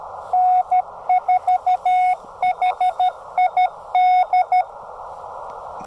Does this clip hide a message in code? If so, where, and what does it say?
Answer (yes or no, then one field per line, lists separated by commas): yes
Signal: Morse code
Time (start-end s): 0.3-4.6 s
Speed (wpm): 13 wpm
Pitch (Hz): 730 Hz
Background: none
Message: N4HID